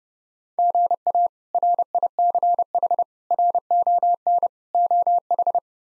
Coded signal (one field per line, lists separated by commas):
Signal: Morse code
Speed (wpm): 30 wpm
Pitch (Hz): 700 Hz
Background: none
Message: GA RICH RON OH